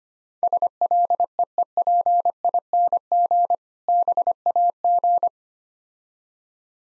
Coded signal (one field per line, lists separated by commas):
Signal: Morse code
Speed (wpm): 25 wpm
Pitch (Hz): 700 Hz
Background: none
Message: SLEEPING BAG